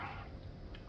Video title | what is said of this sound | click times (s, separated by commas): Legacy Skyquake AF Review | it's not a solid click either look so those are | 0.8 s